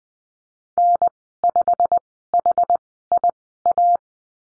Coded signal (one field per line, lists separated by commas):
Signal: Morse code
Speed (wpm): 20 wpm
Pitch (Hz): 700 Hz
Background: none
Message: N5HIA